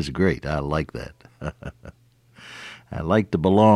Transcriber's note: chuckle